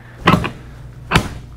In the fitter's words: Boom. That's it. It's locked in.